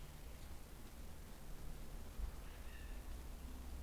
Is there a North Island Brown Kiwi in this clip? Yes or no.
no